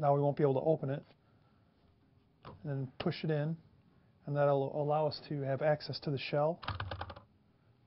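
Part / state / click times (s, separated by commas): airsoft shell out of shotgun replica / released / 7.0 s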